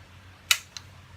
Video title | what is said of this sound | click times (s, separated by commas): Full AK 47 Cleaning in Detail Disassembly Reassembly Lube Field Strip Yugo Zastava PAP | you'll hear you'll hear and feel it click and lock into place and that | 0.5 s